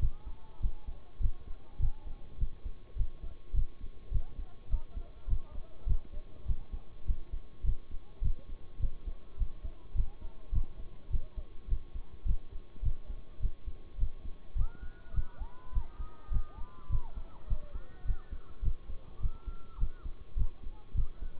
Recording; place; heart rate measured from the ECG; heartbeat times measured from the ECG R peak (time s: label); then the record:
heart sounds by stethoscope; between the tricuspid and mitral areas; 103 bpm
0.60 s: heartbeat
1.20 s: heartbeat
1.79 s: heartbeat
2.38 s: heartbeat
2.96 s: heartbeat
3.53 s: heartbeat
4.11 s: heartbeat
4.69 s: heartbeat
5.27 s: heartbeat
5.86 s: heartbeat
6.45 s: heartbeat
7.05 s: heartbeat
7.63 s: heartbeat
8.21 s: heartbeat
8.79 s: heartbeat
9.37 s: heartbeat
9.94 s: heartbeat
10.52 s: heartbeat
11.10 s: heartbeat
11.68 s: heartbeat
12.25 s: heartbeat
12.82 s: heartbeat
13.40 s: heartbeat
13.98 s: heartbeat
14.55 s: heartbeat
15.13 s: heartbeat
15.72 s: heartbeat
16.31 s: heartbeat
16.89 s: heartbeat
17.47 s: heartbeat
18.05 s: heartbeat
18.62 s: heartbeat
19.20 s: heartbeat
19.78 s: heartbeat
20.36 s: heartbeat
20.94 s: heartbeat
From the record:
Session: bicycle stress test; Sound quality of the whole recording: good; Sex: male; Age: 26 years